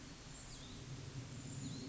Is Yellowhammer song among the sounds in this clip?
no